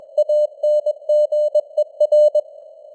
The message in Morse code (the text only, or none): ANGER